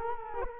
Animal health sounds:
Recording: mosquito wingbeat signal from an infrared sensor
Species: Culex quinquefasciatus

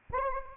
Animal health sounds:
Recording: mosquito wingbeat signal from an infrared sensor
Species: Anopheles arabiensis

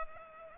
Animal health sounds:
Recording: mosquito wingbeat signal from an infrared sensor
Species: Culex pipiens

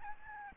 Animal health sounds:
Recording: mosquito wingbeat signal from an infrared sensor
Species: Aedes albopictus

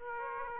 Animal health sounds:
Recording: mosquito wingbeat signal from an infrared sensor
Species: Aedes aegypti

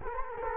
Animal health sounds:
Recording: mosquito wingbeat signal from an infrared sensor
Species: Culex quinquefasciatus

